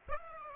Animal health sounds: mosquito wingbeat signal from an infrared sensor; Aedes aegypti

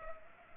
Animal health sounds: mosquito wingbeat signal from an infrared sensor; Culex pipiens

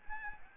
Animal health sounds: mosquito wingbeat signal from an infrared sensor; Aedes albopictus

